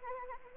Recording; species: mosquito wingbeat signal from an infrared sensor; Anopheles arabiensis